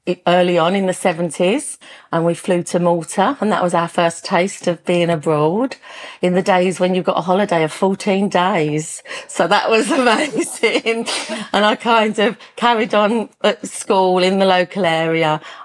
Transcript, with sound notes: early on in the 70s and we flew to Malta, and that was our first taste of being abroad, in the days when you've got a holiday of 14 days. So that was amazing. [laughs] And I kind of carried on at school in the local area.